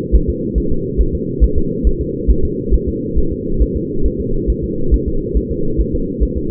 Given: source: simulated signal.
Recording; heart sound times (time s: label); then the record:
fetal heart sounds
0.15 s: S1
0.30 s: S2
0.58 s: S1
0.72 s: S2
1.01 s: S1
1.15 s: S2
1.44 s: S1
1.58 s: S2
1.87 s: S1
2.01 s: S2
2.30 s: S1
2.45 s: S2
2.74 s: S1
2.88 s: S2
3.18 s: S1
3.32 s: S2
3.62 s: S1
3.76 s: S2
4.06 s: S1
4.20 s: S2
4.50 s: S1
4.64 s: S2
4.94 s: S1
5.08 s: S2
5.37 s: S1
5.51 s: S2
5.80 s: S1
5.95 s: S2
6.23 s: S1
6.38 s: S2
From the record:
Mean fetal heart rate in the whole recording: 140 bpm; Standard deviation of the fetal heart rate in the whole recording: 2 bpm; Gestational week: 34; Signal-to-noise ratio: -8.1 dB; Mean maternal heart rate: 72 bpm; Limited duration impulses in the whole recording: absent